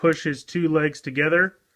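Someone talks while handling a plastic Transformers Generations Combiner Wars Deluxe Dragstrip action figure, pushing its two legs together during its robot-to-car transformation. The clip ends before the leg halves snap together, so nothing has seated or clicked yet.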